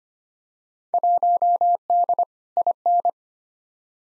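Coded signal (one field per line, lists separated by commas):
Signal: Morse code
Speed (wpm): 25 wpm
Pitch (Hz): 700 Hz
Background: none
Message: 1D IN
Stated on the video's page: Morse code practice of Field Day exchanges at 25 wpm for head-copy, each sent, spoken, then sent again; exchanges weighted roughly by 2019 participation.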